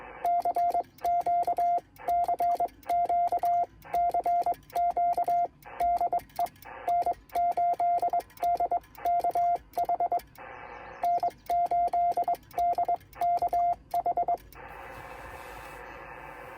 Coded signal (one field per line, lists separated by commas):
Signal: Morse code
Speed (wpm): 22 wpm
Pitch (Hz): 700 Hz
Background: radio noise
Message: CQ CQ CQ DE N8DKH N8DKH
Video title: Unsuccessful QSO (contact) attempt on 15 m via CW